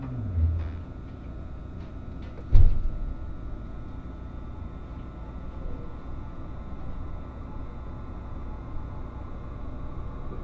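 Inside the Resort Shirakami No. 4 train on the Gono Line between Fukaura and Iwadate, a steady low rumble of the running train fills the clip, with a faint constant whine above it. A sharp clunk sounds near the start and a louder knock around two and a half seconds.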